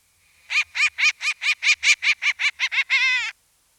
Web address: Short eared